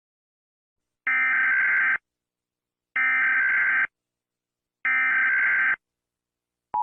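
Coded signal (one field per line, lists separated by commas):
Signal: Emergency Alert System (SAME) tones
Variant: header bursts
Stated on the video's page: Fictional EAS scenario, not a real alert; made for entertainment.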